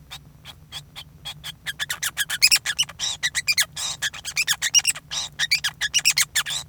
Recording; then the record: song of a male Bengalese finch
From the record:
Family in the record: son of father 5